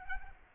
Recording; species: mosquito wingbeat signal from an infrared sensor; Anopheles arabiensis